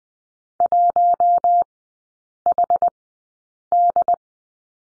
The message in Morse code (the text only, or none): 1HD